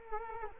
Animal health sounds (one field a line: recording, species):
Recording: mosquito wingbeat signal from an infrared sensor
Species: Culex quinquefasciatus